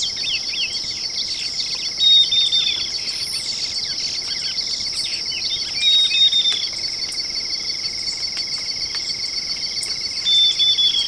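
Bird chirps: quick downward-sweeping notes and brief whistles come in bursts over a constant shrill insect chorus.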